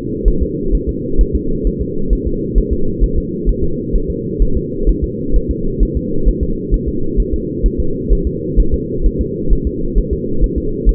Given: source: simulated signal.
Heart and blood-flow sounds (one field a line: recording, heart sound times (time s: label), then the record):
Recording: fetal heart sounds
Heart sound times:
0.28 s: S1
0.42 s: S2
0.75 s: S1
0.89 s: S2
1.21 s: S1
1.35 s: S2
1.67 s: S1
1.81 s: S2
2.13 s: S1
2.27 s: S2
2.58 s: S1
2.73 s: S2
3.04 s: S1
3.18 s: S2
3.49 s: S1
3.64 s: S2
3.96 s: S1
4.10 s: S2
4.42 s: S1
4.57 s: S2
4.89 s: S1
5.04 s: S2
5.36 s: S1
5.51 s: S2
5.83 s: S1
5.97 s: S2
6.28 s: S1
6.43 s: S2
6.74 s: S1
6.88 s: S2
7.20 s: S1
7.34 s: S2
7.66 s: S1
7.80 s: S2
8.12 s: S1
8.27 s: S2
8.59 s: S1
8.74 s: S2
9.06 s: S1
9.21 s: S2
9.53 s: S1
9.67 s: S2
9.98 s: S1
10.13 s: S2
10.44 s: S1
10.58 s: S2
10.89 s: S1
From the record:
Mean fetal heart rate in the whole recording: 130 bpm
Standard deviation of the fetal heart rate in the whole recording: 2 bpm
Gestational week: 36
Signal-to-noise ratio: -8.1 dB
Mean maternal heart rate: 72 bpm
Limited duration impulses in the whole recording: absent